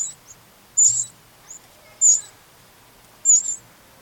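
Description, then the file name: Eurasian wren with three loud, piercing high ticks roughly every 1.2 seconds, plus a few fainter notes between them. "Troglodytes troglodytes"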